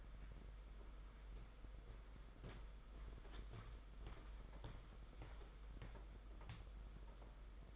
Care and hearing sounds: daily activity, microphone in the room; walk to room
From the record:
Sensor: 5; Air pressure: 991.3 hPa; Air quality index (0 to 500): 94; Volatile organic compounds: 13 ppm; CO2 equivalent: 2380 ppm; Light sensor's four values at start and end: 35/117/44/47 and 33/109/41/44

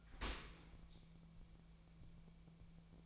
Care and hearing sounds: daily activity, microphone in the room; open dishwasher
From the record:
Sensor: 1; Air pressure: 1000.5 hPa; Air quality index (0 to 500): 181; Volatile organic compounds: 4 ppm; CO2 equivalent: 1670 ppm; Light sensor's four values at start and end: 10/25/10/12 and 10/25/10/12

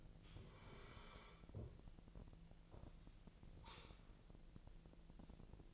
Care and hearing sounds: daily activity, microphone in the room; sit down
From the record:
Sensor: 5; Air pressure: 1002.0 hPa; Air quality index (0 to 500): 247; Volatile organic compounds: 30 ppm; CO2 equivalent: 2966 ppm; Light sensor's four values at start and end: 39/94/39/43 and 39/94/39/43

